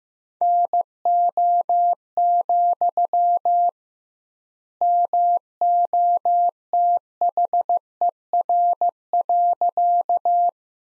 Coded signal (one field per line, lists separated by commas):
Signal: Morse code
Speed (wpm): 15 wpm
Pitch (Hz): 700 Hz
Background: none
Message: NO, MOTHER.